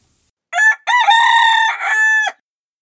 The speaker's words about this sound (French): Le premier coq. C'est l'heure des prédictions. Madame, je vous annonce l'aurore.